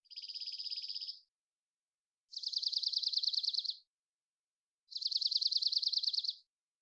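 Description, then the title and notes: Dark-eyed junco song, three even trills of rapid buzzy repeated notes, each lasting over a second, separated by silence. Collected song variations and trills, isolated; recorded in the Pacific Northwest, Washington, United States. "BIRDSong New World Sparrows - DarkEyed Junco Collected Songs. Dark-eyed Junco, Junco hyemalis, collected song variations, trills, isolated Recorded in the beautiful Pacific Northwest, Washington, United States"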